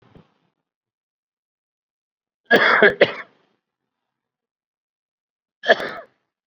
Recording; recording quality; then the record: heavy voluntary cough; excellent, no background noise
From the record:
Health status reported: COVID-19 positive, no symptoms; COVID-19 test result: positive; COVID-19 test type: RT-PCR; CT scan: not taken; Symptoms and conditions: hypertension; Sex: male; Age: 69 years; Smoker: no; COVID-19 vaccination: none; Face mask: not worn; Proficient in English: no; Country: India